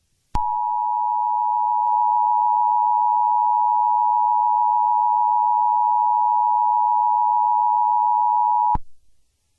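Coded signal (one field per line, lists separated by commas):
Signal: Emergency Alert System (SAME) tones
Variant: 853 and 960 Hz attention tone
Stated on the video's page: Mock, simulated EAS scenario about a skunk, not a real alert.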